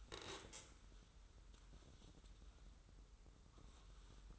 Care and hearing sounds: daily activity, microphone in the room; stand up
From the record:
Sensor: 3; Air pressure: 994.4 hPa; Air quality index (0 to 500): 200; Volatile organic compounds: 1000 ppm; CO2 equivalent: 6633 ppm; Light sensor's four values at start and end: 166/391/166/164 and 178/421/179/179

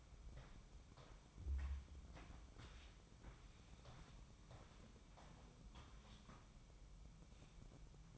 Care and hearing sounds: daily activity, microphone in the room; walk to room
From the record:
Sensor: 1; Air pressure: 1008.2 hPa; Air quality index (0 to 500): 139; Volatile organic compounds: 2 ppm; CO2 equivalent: 1169 ppm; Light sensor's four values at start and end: 10/23/9/10 and 10/23/9/10

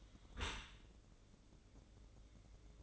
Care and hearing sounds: daily activity, microphone in the room; close dishwasher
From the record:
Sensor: 3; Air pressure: 1012.3 hPa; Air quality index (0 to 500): 161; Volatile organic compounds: 2 ppm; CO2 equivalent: 1235 ppm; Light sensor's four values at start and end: 471/1159/475/468 and 475/1168/479/472

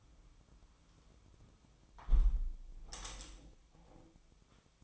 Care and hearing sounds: daily activity, microphone in the room; close window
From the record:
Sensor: 1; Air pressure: 1006.6 hPa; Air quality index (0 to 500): 210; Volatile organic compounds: 25 ppm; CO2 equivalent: 2828 ppm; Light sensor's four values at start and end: 13/33/13/15 and 12/31/12/14

